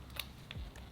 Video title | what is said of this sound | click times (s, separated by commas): HOW TO SHADE ON FAKE SKIN FOR BEGINNERS *TUTORIAL* | all right it clicked in ready for a sound check | 0.5 s